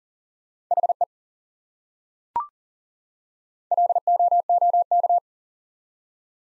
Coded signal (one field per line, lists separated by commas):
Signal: Morse code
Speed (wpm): 40 wpm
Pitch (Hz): 700 Hz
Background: none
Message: HE LOOK